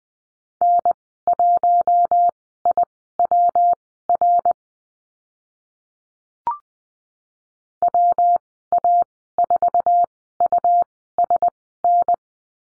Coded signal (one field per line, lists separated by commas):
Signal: Morse code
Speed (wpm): 19 wpm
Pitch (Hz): 700 Hz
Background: none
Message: N1IWR WA4USN